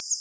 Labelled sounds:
Northern Parula flight call

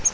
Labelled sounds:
Grace's Warbler flight call

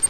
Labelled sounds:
Grace's Warbler flight call

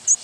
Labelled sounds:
American Redstart flight call

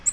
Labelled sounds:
Nashville Warbler flight call

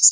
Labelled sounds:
Common Yellowthroat flight call

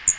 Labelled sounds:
Magnolia Warbler flight call

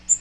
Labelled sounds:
Magnolia Warbler flight call

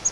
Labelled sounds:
Grace's Warbler flight call

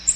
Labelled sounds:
Magnolia Warbler flight call

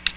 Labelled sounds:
Ovenbird flight call

